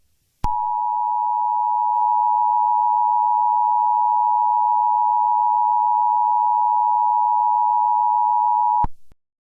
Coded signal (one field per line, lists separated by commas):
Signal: Emergency Alert System (SAME) tones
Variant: 853 and 960 Hz attention tone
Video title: EAS Scenario #1: Alien Invasion